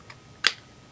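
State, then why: Seated. A magnetic cap is put back onto a sleek lipstick tube and pulls shut. A faint tick comes at 0.1 s, then one sharp, bright snap at 0.5 s. The cap seats magnetically on the tube.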